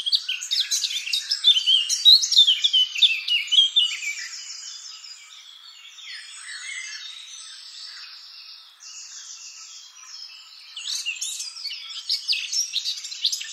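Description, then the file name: Eurasian blackcap warbling song, rapid varied chirps and trills for four seconds, then a softer stretch of thin buzzy notes, with busy twittering returning near the end. "Sylvia atricapilla"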